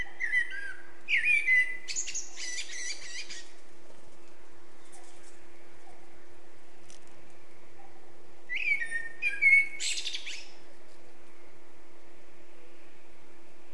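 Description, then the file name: Eurasian blackbird song in two bursts: a low fluty warble capped with a high scratchy twitter, a long pause, then another similar phrase; faint hum throughout. "Turdus merula"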